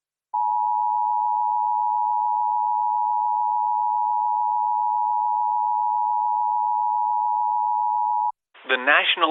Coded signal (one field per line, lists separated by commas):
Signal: Emergency Alert System (SAME) tones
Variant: 853 and 960 Hz attention tone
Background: speech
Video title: EAS Reenactment Mock: Harvey wrecks havoc [v2] (Extreme Wind Warning) - AUG 25 2017